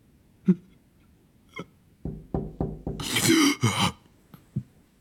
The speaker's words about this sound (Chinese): 他的声音颤抖着中断了，敲门声响起，他转身去开门，一边用斑点图案的大手帕擤着鼻子。